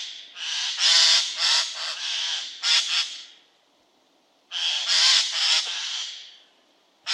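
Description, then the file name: Eurasian jay calls: harsh, rasping screeches in bursts of several rapid notes, separated by a quiet gap. "Garrulus glandarius"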